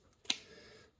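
A battery is clipped onto the back of a Kenwood TH-D75E VHF/UHF D-Star digital handheld radio, and its safety clip underneath snaps shut. A single sharp, bright snap is heard at 0.3 s, followed by a faint ringing tail that fades out by about 0.9 s. The battery is seated.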